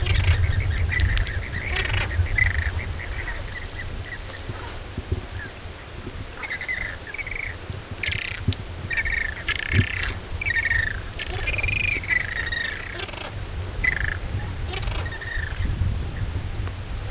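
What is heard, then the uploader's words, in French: Flamingos call along a lagoon shore, their nasal, honking chatter coming in overlapping bursts throughout, busiest from about eight to fourteen seconds. A steady low rumble of wind runs underneath the whole time, with occasional faint splashes or clicks. Flamants roses du Sud Lipez. Sud de la Bolivie, un désert: le Sud Lipez. Au bord de la Laguna Colorada, des flamants roses pataugent. Etant loin, le micro est poussé au max. D'où le vent et le souffle.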